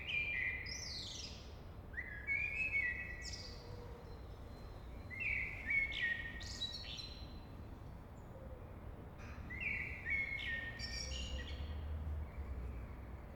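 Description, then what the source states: Common blackbird song: mellow fluting phrases every few seconds, each ending in higher squeaky twitters, over a steady low traffic rumble. In a city at 8 am.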